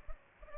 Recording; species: mosquito wingbeat signal from an infrared sensor; Aedes albopictus